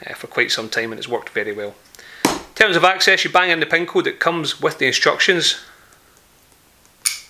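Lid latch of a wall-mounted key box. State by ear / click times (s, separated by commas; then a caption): released / 6.9 s. Someone talks, then after a pause the PIN code is entered on a Master Lock Smart Connected wall-mounted smart key box. The lid latch releases with a quiet click at 6.9 s so the lid can be opened.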